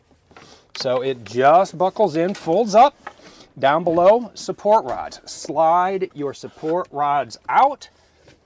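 Someone talks while handling the table support rods under the dinette table of a 2023 Rize 18A Class B camper van, with a brief tap near 0.4 s before the speech starts. The rods are being slid out from underneath toward their locking position, but nothing has seated or clicked yet.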